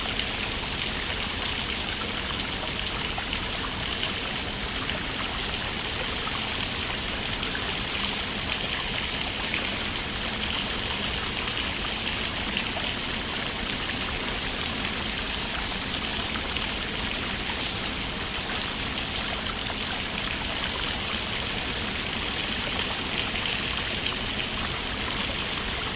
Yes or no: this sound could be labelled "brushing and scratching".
no